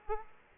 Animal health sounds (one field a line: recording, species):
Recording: mosquito wingbeat signal from an infrared sensor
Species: Aedes aegypti